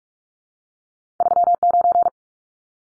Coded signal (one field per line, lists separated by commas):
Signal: Morse code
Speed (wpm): 44 wpm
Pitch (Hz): 700 Hz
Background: none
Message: 39